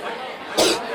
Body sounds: coughing mixed with background sound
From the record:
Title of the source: 61 morning phlegmy cough...again

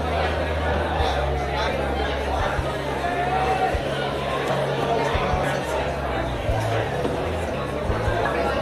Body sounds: background sound without coughing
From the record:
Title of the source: CITY SOUNDS Busy Bar in the Evening Night - 2 HOURS of Ambiance for Relaxation

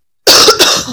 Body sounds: coughing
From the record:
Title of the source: November cold (wet coughing)

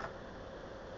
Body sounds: background sound without coughing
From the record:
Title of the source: wind

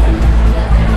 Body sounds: background sound without coughing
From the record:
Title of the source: Party Noise 1 Hour Party Ambience

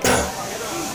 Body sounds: coughing mixed with background sound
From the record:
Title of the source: Spring Cold Coughing 3

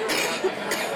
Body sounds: coughing mixed with background sound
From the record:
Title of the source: 60 coughing still (deep and wet cough)

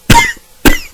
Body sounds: coughing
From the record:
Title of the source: Coughing 51

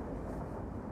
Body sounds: background sound without coughing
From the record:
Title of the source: Train Ride Ambience ambient white noise for sleeping, focus, studying, reading

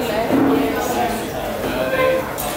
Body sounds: background sound without coughing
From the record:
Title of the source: 40 min - Ambience sounds UNIVERSITY lunchroom chatting

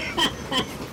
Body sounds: coughing mixed with background sound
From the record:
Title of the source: Dry Coughing Fit in the Afternoon.

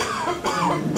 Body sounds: coughing mixed with background sound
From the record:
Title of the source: Spring Cold Coughing 2

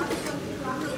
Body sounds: coughing mixed with background sound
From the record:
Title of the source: 55 gaggy wet cough

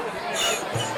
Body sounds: coughing mixed with background sound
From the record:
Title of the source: Cough Around the Clock!

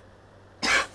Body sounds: coughing mixed with background sound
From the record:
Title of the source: 64 coughing, allergies, singing lungs

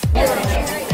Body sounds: background sound without coughing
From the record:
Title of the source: Nightlife Party Simulating Party Club Noise 1 Hour

